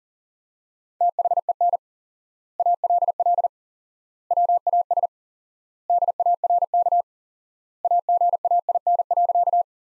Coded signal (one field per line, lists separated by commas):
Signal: Morse code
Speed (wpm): 40 wpm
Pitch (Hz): 700 Hz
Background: none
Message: THEN ALL WAS DARK AGAIN.